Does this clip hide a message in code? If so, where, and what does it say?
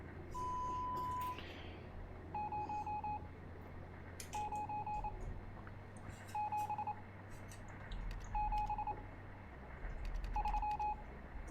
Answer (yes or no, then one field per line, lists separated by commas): yes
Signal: Morse code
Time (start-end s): 2.4-10.9 s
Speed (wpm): 28 wpm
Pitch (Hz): 840 Hz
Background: none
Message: 09773